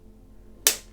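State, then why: Seated. A hinged flip-top cap on a plastic Moerie shampoo bottle snaps once, sharp and bright, at 0.7 s against a quiet background. The cap seats with that single snap, though it is unclear whether it is opening or closing.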